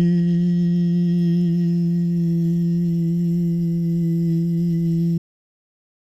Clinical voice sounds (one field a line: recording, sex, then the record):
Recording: sustained vowel /i/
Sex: male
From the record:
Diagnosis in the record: Parkinson's disease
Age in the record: 77 years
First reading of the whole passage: 65 s, 8.0 characters per second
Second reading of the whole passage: 61 s, 8.5 characters per second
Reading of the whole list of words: 50 s, 5.6 characters per second